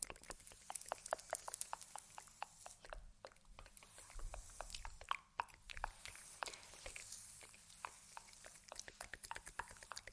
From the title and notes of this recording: Layered Sounds (Sleepy Mouth Sounds, Face Touching, Tapping).